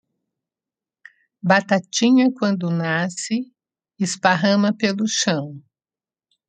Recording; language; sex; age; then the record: short text; Brazilian Portuguese; female; 50 to 59 years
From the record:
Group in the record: control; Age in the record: 58 years